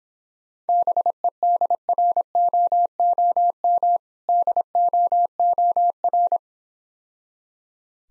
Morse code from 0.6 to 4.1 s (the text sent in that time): BEDROOM